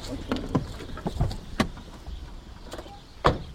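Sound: car parking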